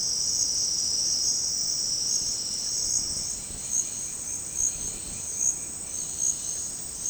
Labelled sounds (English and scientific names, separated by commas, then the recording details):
none
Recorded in dense forest near Puerto Asís, Putumayo, Colombia, on 19 February 2024 at 09:00
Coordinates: 0.472, -76.329
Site G6394